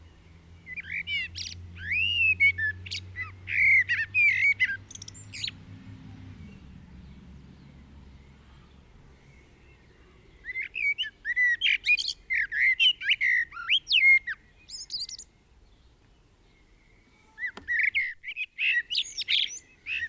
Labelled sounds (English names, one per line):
Common Blackbird song